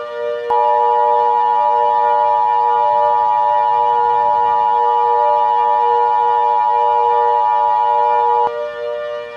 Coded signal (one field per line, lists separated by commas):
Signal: Emergency Alert System (SAME) tones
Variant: 853 and 960 Hz attention tone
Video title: EAS Scenario - Springtrap's Rampage